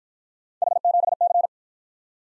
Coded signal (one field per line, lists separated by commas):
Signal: Morse code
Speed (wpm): 48 wpm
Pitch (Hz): 700 Hz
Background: none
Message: H7C